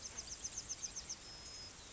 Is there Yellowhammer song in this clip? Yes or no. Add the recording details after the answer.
yes. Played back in grassland. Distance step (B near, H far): F. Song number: 017